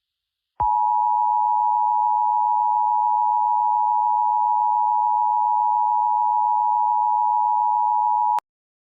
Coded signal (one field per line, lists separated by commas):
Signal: Emergency Alert System (SAME) tones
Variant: 853 and 960 Hz attention tone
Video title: EAS Scenario: Infectious Disease (Made By: Sean TV)